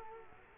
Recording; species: mosquito wingbeat signal from an infrared sensor; Culex quinquefasciatus